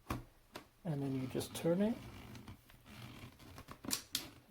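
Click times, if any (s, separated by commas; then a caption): 4.2 s. A blender canister with its attached blade base is dropped onto the motor base of an Our Place Splendor blender and turned while someone talks. Soft handling clicks and scrapes lead up to a sharp snap at 4.2 s, when the canister locks onto the base and is ready to use.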